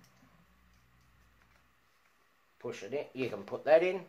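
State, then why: Not seated. A second 8-pin plastic header plug for a plug-and-play Tortoise point motor is picked up and lined up with its mating locking header before being pushed in. Faint handling sounds with a soft tick at 1.4 s fill the first two and a half seconds, then someone talks. Nothing has seated or clicked yet.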